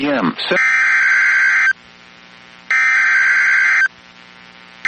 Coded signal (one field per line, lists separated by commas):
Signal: Emergency Alert System (SAME) tones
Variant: header bursts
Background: speech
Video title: SECOND SEVERE WEATHER DFW... EAS Alerts From 4/27/26 (EAS#5,441 - 5,458)